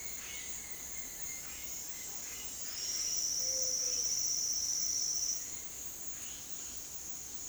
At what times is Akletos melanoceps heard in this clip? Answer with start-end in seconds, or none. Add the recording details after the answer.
0.00-1.57. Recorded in dense forest near Puerto Asís, Putumayo, Colombia, on 20 February 2024 at 08:30. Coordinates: 0.502, -76.326. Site G6460